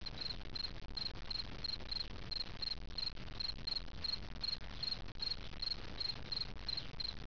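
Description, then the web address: Cricket chirping steadily, short high chirps repeated roughly three times a second throughout, over a low rumbling background noise. "wetwired cricket"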